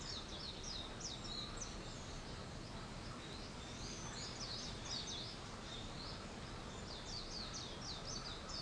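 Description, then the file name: Bird calls: scattered high chirps coming and going over a steady background hiss. "wild-bird 230421"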